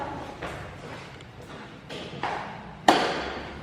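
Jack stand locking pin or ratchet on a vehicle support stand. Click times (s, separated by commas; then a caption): 2.9 s. A car jack stand is placed beside the vehicle and adjusted until its locking pin or ratchet locks. A few softer knocks and scrapes lead up to a sharp metallic click at 2.9 s, which rings briefly and fades. The stand is seated and locked.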